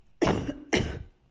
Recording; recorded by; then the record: voluntary cough; messaging app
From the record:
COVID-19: negative